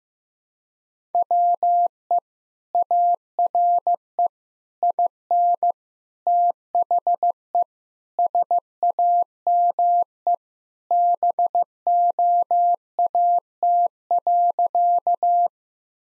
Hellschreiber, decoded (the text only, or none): none